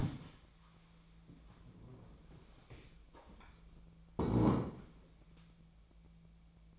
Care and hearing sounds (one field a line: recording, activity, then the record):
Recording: daily activity, microphone in the room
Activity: stand up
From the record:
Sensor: 1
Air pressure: 1000.4 hPa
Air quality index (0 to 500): 179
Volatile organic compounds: 4 ppm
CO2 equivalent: 1658 ppm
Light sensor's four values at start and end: 13/31/13/15 and 13/32/13/15